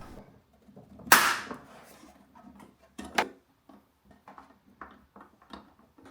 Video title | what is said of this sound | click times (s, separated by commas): How To Setup Gourmia Air Fryer UPGRADED 7.6L - CHEAPER Than an OVEN - Cost of Running - Cook FAST | At the back of the air fryer, slot in the cord storage until it clicks. | 1.1 s